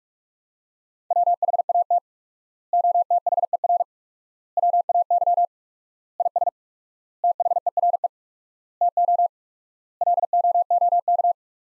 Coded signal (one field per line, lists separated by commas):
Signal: Morse code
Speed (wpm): 42 wpm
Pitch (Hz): 700 Hz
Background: none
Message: WHAT OTHER WAY IS THERE TO LOOK